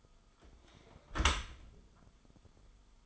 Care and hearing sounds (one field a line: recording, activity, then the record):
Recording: daily activity, microphone in the room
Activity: close dishwasher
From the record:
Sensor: 5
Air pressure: 1004.7 hPa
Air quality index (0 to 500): 89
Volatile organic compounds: 2 ppm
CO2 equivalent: 1074 ppm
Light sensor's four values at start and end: 32/75/30/30 and 32/73/30/29